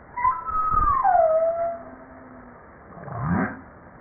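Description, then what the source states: Humpback whale song: a clear whistled tone falling from high to mid pitch over about a second, then a lower rising groan-like upsweep. Recorded 5 March 1994.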